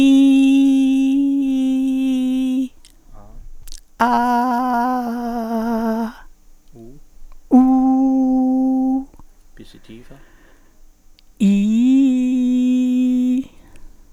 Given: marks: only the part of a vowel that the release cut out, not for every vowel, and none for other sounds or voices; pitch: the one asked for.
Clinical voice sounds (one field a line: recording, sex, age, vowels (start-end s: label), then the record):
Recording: sustained vowels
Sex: female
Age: 70 to 79 years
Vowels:
0.00-1.93 s: vowel /i/, normal pitch
4.05-4.83 s: vowel /a/, normal pitch
7.64-8.87 s: vowel /u/, normal pitch
11.59-13.29 s: vowel /i/, low pitch
From the record:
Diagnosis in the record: presbyphonia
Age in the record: 70 years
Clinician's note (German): Vox senilis